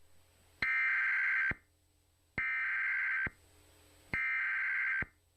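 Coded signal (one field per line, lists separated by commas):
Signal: Emergency Alert System (SAME) tones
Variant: header bursts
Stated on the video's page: Fictional EAS scenario, self-made.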